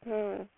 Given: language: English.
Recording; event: throat vibration sensor signal played as sound; speech